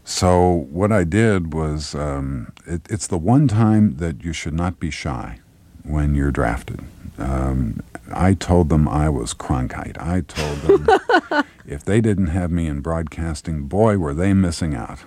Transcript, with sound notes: So what I did was - it's the one time that you should not be shy, when you're drafted. I told them I was Cronkite.
(Laughter).
I told them, if they didn't have me in broadcasting, boy, were they missing out.